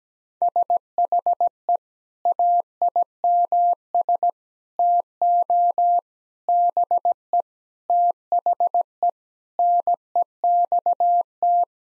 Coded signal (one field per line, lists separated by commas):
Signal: Morse code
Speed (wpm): 17 wpm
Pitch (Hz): 700 Hz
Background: none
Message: SHE AIMS TO BE THE NEXT